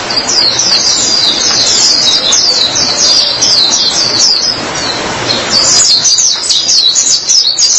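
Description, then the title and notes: White-eye twittering song: fast, high, warbled chirps run for several seconds, break off briefly, then resume. "Kicauan Burung Pleci Durasi Panjang. Suara kicauan burung pleci"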